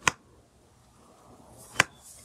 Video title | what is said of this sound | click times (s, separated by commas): Lily Deanne Mezzo Bag for Women by Think Tank Photo - Unboxing & Review | here really nice and strong magnets you can hear it snap | 0.1 s, 1.8 s